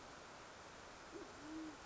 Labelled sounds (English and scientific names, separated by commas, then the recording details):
Band-tailed Pigeon (Patagioenas fasciata)
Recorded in Sonoma County, California